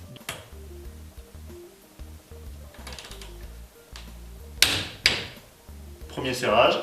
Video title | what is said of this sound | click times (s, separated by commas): Ce qu'il faut savoir - Remplacer une roue | et nadine à la clé dynamométrique va claquer premier | 4.6 s, 5.1 s